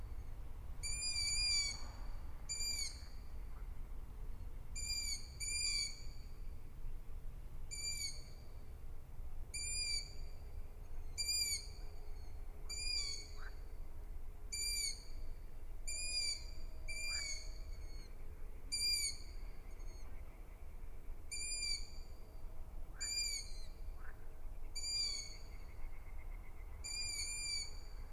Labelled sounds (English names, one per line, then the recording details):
Long-eared Owl call
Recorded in the wild
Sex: group
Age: juvenile
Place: Herzsprung, Parsteiner See, Brandenburg, DE
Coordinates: 52.9664, 13.9878
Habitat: edge of the forest
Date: 2007-06-06 22:30
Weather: heiter, ca. 15°C, windstill
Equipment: Sound Devices 702, Sennheiser MKH 416 T, Windkorb
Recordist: Frommolt, Karl-Heinz